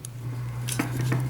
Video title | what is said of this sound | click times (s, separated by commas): Zblex French Reviews : X-TRANSBOTS MX-III Saboteur Eligos | ça vient se clipser dedans | 0.0 s